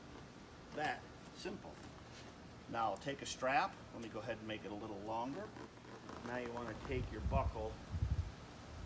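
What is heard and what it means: Someone talks while handling the strap on a JTopsUSA soft top boot for a Wrangler JL, lengthening the strap and bringing its plastic buckle toward the mating buckle, with soft rustling and low handling thumps near the end. The clip ends before the buckle goes in, so nothing has seated or clicked yet.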